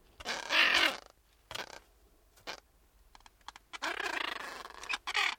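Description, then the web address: Gulls giving harsh, harmonic squealing calls in two noisy bursts, with quieter short notes between them. Gulls talking. "Tom Hutchings Seagulls Talking"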